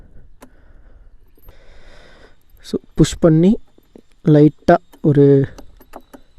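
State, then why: Seated. Someone talks while the ignition key in the key/steering lock of a 2023 Yamaha Aerox 155 (BS7 OBD2 E20) scooter is pushed in and turned slightly. Short mechanical clicks come at 6.0 s and 6.1 s as the key lock clicks into the locked position.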